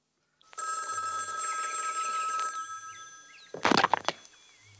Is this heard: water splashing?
no